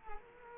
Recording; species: mosquito wingbeat signal from an infrared sensor; Culex quinquefasciatus